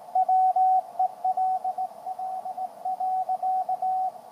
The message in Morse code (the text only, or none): WELL.